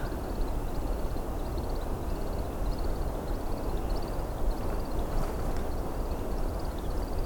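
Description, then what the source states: American woodcock twittering display, thin high chirps repeated in quick rhythmic bursts over steady low rumbling background noise. Another woodcock heard when the recordist thought the season's woodcocks were done for the year.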